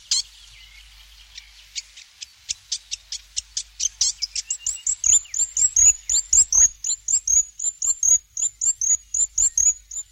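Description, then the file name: New Zealand fantail song: a fast series of high, squeaky chirps, speeding into sharp repeated rising notes near the end. "piwakawaka"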